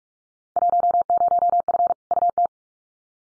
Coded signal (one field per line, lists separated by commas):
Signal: Morse code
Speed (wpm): 44 wpm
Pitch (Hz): 700 Hz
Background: none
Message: 10F UT